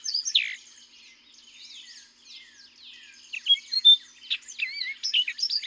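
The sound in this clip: Orchard oriole song: one loud slurred note, softer scattered notes, then a lively tumble of whistled, rising and falling phrases.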